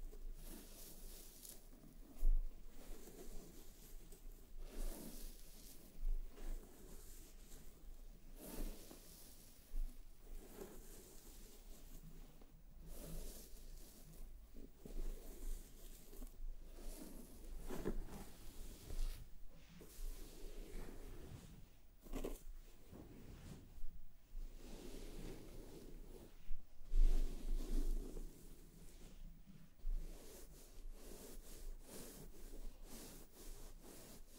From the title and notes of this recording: ASMR Let me massage your scalp and brush your hair (1 HOUR No Talking).